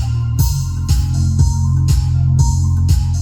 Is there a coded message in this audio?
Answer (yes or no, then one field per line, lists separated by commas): no